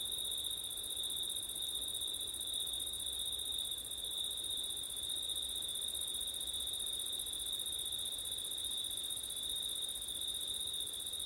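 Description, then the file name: Crickets chirp together in a continuous, high, buzzy trill that never breaks, layered at two pitches over a quiet rushing background. Crickets recorded on a windy September night. "crickets wind september night ortif"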